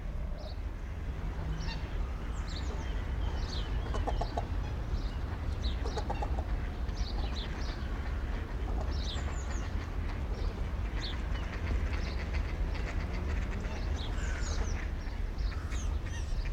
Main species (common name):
Great Cormorant